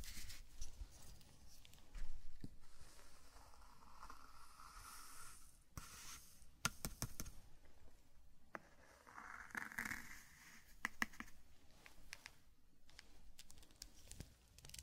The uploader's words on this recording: Zen Garden - Sand Crinkle Brushing Tapping Cup Sounds. NO TALKING.